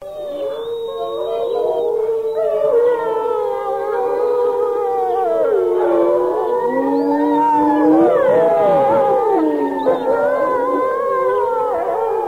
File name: vlk vyti